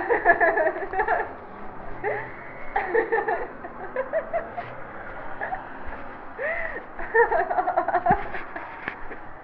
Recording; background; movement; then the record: laughter; traffic; walking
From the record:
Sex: female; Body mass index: 18.3 kg/m2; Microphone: on the chest, facing the body